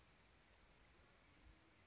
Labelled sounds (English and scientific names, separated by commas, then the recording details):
California Towhee (Melozone crissalis)
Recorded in Sonoma County, California